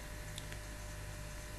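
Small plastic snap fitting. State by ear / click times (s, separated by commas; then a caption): seated / 0.4 s, 0.5 s. A partial denture fitted with housings is pressed over mini dental implants, with no metal clasps needed. Two short, sharp clicks at 0.4 s and 0.5 s stand out over a steady low hum. The partial plate snaps into place and is seated on the implants.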